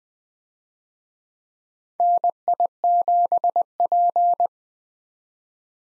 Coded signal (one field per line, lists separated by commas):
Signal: Morse code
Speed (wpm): 20 wpm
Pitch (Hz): 700 Hz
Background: none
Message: NI7P